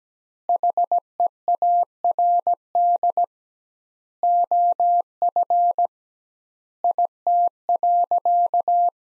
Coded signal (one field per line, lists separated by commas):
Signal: Morse code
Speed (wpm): 17 wpm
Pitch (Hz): 700 Hz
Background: none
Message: HEARD OF IT.